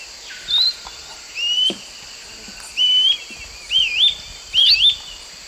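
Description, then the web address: Grey-crowned flycatcher gives five wavering whistled notes, the later ones more twisted, against a steady high drone. Song; eastern lowlands of South America. "Natures Songs S America Eastern Lowlands Tolmomyias poliocephalus, song"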